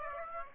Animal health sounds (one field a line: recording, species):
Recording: mosquito wingbeat signal from an infrared sensor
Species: Aedes aegypti